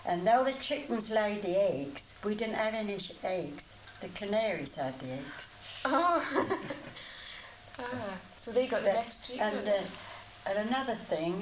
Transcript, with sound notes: And though the chickens laid the eggs, we didn't have any eggs. The canaries had the eggs.
Aw! [laughs] A-ah. So they got the best treatment.
And eh, and another thing.